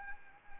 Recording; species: mosquito wingbeat signal from an infrared sensor; Anopheles arabiensis